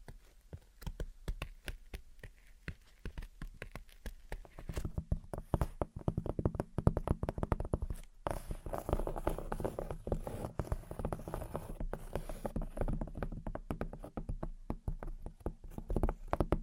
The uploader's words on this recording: Gentle Tapping and Scratching. (No Talking).